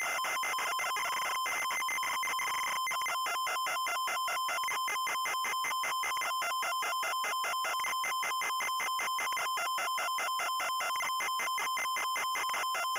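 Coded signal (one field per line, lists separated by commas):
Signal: ZX Spectrum tape loading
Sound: harsh buzzy data bursts pulsing about four times a second over a steady whistle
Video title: Gandalf (The Lord Of The Rings) - Loading screen (ZX Spectrum)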